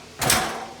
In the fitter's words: this locks into place it's called a solid step it's aluminum fairly light and very very strong